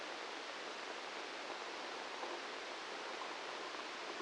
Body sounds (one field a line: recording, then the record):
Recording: brain microelectrode recording played as sound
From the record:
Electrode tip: outside the subthalamic nucleus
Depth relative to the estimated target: -8 mm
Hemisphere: right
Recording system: NeuroSet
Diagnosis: Parkinson's disease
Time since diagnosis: 15 years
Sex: male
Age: 65 years